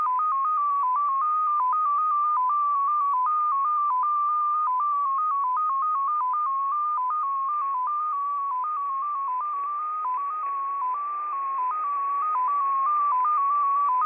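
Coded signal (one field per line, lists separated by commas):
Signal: multi-tone FSK (Olivia or MFSK type)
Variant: XPA2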